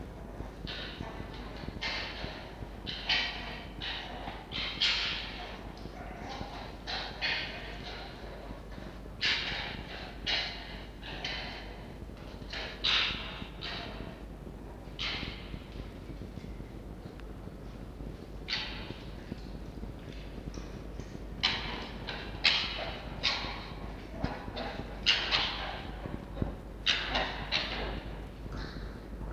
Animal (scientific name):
Vulpes vulpes